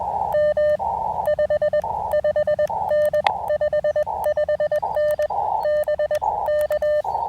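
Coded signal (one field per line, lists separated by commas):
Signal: Morse code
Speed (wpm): 20 wpm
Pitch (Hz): 590 Hz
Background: none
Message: M 55N 55N BK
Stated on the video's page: Parks on the Air activation with an Elecraft KX2, KXPD2 paddles and AX1 antenna during rough band conditions.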